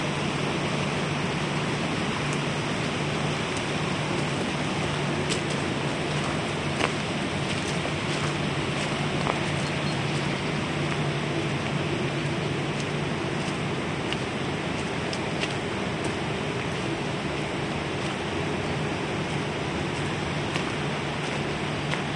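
A small stream rushes in a steady, dense hiss beside a low constant hum, with faint scattered ticks now and then.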